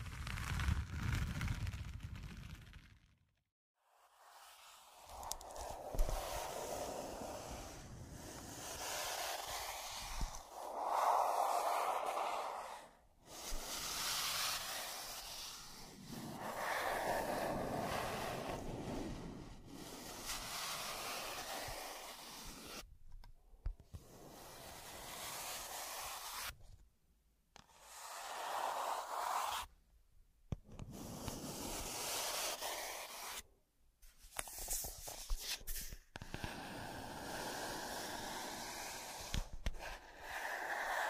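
Scratching comes in rough bursts of hissy scraping, stopping abruptly for short silences around 4, 23, 27, 30 and 34 seconds.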